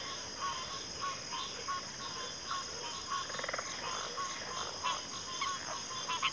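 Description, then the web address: Crickets hold a constant high shrill trill, while softer scattered chirps and short rattles come and go irregularly. Cricket chorus recorded at a backwater. "Natures Songs Sleep Sounds of Nature CRICKETS Backwater Chorus"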